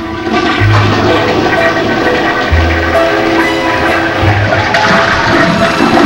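A loud toilet flush, set off by pulling its lever, with water gushing and rushing steadily for several seconds, a broad churning roar with low rumbling pulses underneath.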